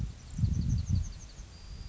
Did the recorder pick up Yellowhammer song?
yes